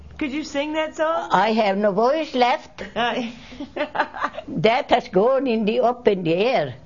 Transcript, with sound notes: Could you sing that song?
I have no voice left. (laughs) That has gone in me up in the air.